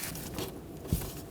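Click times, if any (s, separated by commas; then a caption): none. A spark plug wire boot is handled and lined up with an ignition coil on a 2011-2016 Ford F-350 6.2L V8, to be pressed on until it locks. Soft scraping and handling noises are heard, with a brief bump at 0.4 s and a louder low thump near 0.9 s. Nothing has seated or clicked yet.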